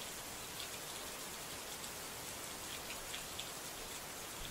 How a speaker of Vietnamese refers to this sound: Trên cao, cơn mưa mù mịt và sấm chớp nổ đùng đoàng.